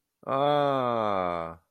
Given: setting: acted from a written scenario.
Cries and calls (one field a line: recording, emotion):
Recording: vocal sound without words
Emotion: realization